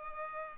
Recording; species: mosquito wingbeat signal from an infrared sensor; Culex pipiens